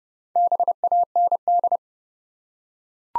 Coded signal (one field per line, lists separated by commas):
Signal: Morse code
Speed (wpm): 31 wpm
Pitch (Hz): 700 Hz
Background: none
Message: BAND